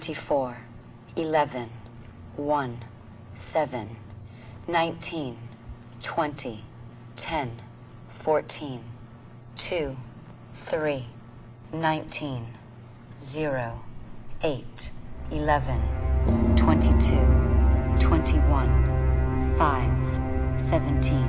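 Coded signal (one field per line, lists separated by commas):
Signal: numbers station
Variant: English female voice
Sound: a woman reads single numbers at an even pace, then music swells in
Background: music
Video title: Call of Duty Black Ops - Redemption: Alex Mason Escapes The Numbers Station Ending Cutscene Sequence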